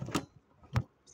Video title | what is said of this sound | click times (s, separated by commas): Actualizando una PC de 2009 en 2023, funcionara? | que escuchen el click | 0.8 s